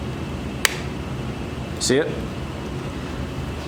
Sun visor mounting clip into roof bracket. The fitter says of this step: When you twist it back in, this notch will click in place. Watch.